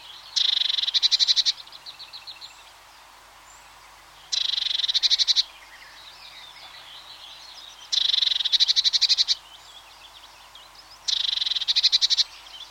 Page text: Blue tit, awareness calls, with blackbird, willow warbler, chaffinch, song thrush and robin in distance